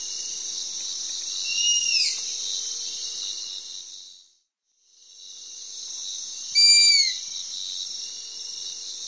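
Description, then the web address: Striped owl giving two high, thin whistles that slur downward, spaced about five seconds apart, over a steady hiss that briefly cuts out between them. Recorded in the eastern lowlands of South America. "Natures Songs S America Eastern Lowlands. Striped Owl"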